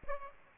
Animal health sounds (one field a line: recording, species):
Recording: mosquito wingbeat signal from an infrared sensor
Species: Aedes aegypti